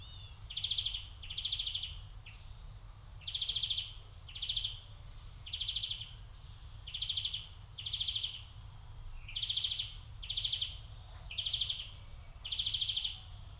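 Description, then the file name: European greenfinch giving short buzzy trills, about a dozen bursts under a second long at a steady high pitch, with low rumbling noise underneath. "Chloris chloris"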